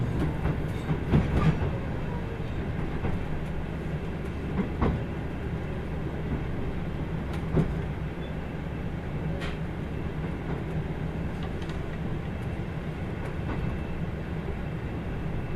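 Aboard the Kyushu Odan limited express on the Hohi Line, a steady low rumble carries sharp rail clicks and knocks every couple of seconds.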